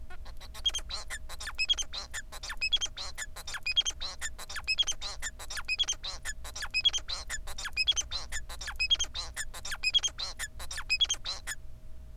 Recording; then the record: song of a male Bengalese finch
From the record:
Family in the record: son of father 4